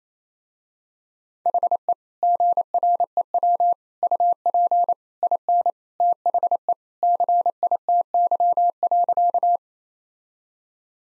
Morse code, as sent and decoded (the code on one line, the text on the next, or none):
.... . / --. .-. . .-- / ..- .--. / .. -. / - .... . / -.-. .. - -.-- .-.-.-
HE GREW UP IN THE CITY.